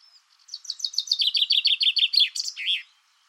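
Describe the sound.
Common chaffinch song: a rapid descending series of bright trilled notes, ending in a short flourish, lasting about two and a half seconds.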